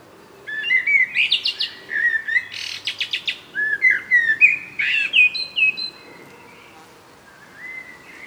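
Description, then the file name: Common blackbird song: a run of low, fluted whistled phrases mixed with squeaky high twitters. "Turdus merula"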